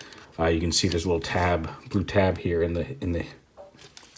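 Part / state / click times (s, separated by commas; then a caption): plastic tab on a figure's leg going into its slot in the leg/knee / seated / 4.0 s. Someone talks while pushing a small plastic tab on the leg of a Transformers: Power of the Primes Voyager Class Starscream action figure into its slot at the knee during transformation. A short, sharp click at 3.9 s follows as the tab snaps into place and locks the leg.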